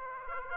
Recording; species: mosquito wingbeat signal from an infrared sensor; Aedes aegypti